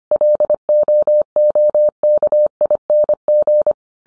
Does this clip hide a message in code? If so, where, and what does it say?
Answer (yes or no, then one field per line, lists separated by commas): yes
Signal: Morse code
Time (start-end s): 0.1-3.7 s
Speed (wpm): 25 wpm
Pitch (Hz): 600 Hz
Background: none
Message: LOOKING